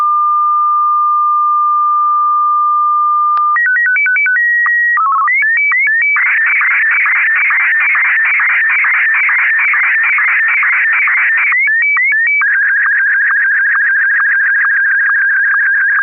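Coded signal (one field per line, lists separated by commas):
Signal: SSTV (slow-scan television)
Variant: Martin 1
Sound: steady tone, rising and falling stepped beeps, then a fast warbling scan with regular clicks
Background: FM radio channel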